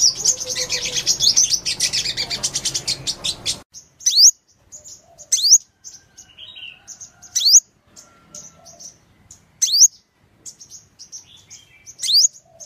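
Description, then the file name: Sunbird song: after a dense, buzzy high wash in the first seconds, sharp high notes come about every two seconds, with soft thin chips between. Song of the bird known in Vietnamese as 'hút mật 5 màu' (five-coloured sunbird). "Tieng-hut-mat-5-mau-hot"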